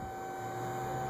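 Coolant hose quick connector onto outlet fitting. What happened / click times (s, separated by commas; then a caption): Hose connector handled, not yet seated; no click heard / none. A new coolant hose's plastic quick connector is being handled at its outlet fitting on a 2013 Chevrolet Cruze 1.4L, with only steady hum and broadband noise and no sharp transient. Nothing has seated or clicked yet.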